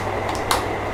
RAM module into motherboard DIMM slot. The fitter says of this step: infect a ram in the slot and press firmly till it click sound occurs